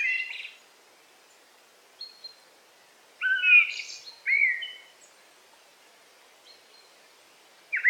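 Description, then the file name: Eurasian blackbird song, a few clear whistled notes and brief twitters with long quiet gaps between them. In forest, 8 July 2018. "180708 blackbird forest"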